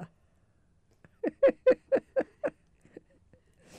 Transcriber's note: laughs